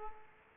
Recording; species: mosquito wingbeat signal from an infrared sensor; Aedes aegypti